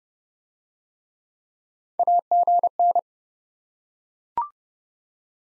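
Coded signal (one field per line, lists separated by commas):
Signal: Morse code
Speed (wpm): 27 wpm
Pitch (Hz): 700 Hz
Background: none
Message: AGN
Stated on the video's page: Morse practice set of common QSO elements, speed-racing format starting fast and slowing to a 20 wpm base; the final repeat is sent at maximum speed.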